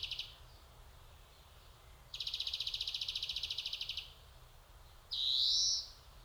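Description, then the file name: European greenfinch with a long rattling trill lasting about two seconds, then a drawn-out nasal wheeze that rises slightly, with faint low rumble behind. "Chloris chloris"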